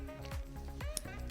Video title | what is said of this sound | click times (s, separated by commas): Electric Heating Pad - How To Use Electric Rechargeable Heating Heat Pad for Full Body Pain Relief | तो ये देखिए, मैं दिखा रही हूँ आपको, इस तरीके से एक टक की आवाज़ आएगी आपको। | 1.0 s